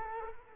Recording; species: mosquito wingbeat signal from an infrared sensor; Culex quinquefasciatus